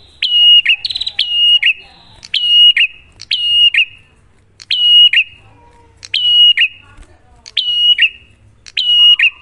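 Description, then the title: Prinia giving bright, shrill whistled notes with a click at the start and a brief dip at the close, repeated with short gaps. Duet of Cililin vs Kapas Tembak, a master (masteran) lure recording for prenjak; bird singing actively (gacor) with a clear voice. "Masteran Duet Cililin Vs Kapas Tembak. Pancingan Prenjak Gacor Suara Jernih"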